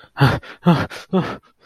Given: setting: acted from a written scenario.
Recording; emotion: vocal sound without words; fear